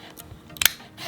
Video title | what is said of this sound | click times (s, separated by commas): Victor Reader Stream 3 Blind Unboxing | and it clicks oh nice click that was a nice click | 0.7 s